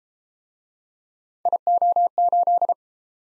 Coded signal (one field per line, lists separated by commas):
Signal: Morse code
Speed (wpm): 31 wpm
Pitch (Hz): 700 Hz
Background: none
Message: IO8